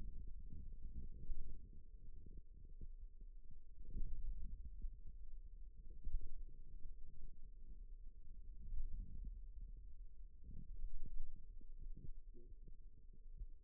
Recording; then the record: forearm muscle sounds (acoustic myography)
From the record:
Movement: radial deviation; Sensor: system 2, bracelet of six BSWA MPA416 microphones around the upper forearm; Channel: 4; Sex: male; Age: 22 years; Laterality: right